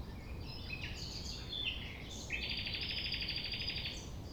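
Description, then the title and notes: Common nightingale song: a few varied chirped notes, then a long buzzy rattling trill held for nearly two seconds, with low rumbling background noise. Recorded at 6 a.m. at sunrise near the Thève river at Champ de Ménage; the nightingale sings without waiting for silence. "6 A.M. Lever du soleil non loin de la Thève au Champ de Ménage. Le rossignol n'attend pas le silence."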